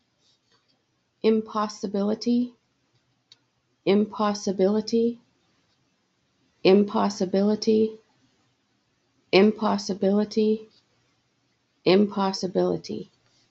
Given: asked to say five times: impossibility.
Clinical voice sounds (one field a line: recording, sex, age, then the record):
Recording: repeated word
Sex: female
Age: 40 to 49 years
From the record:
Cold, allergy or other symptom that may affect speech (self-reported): no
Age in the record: 40 years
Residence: Colorado, United States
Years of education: 14